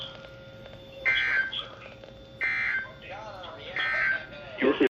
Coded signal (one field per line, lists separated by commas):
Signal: Emergency Alert System (SAME) tones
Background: speech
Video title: Required Weekly Tests (EAS #64-65)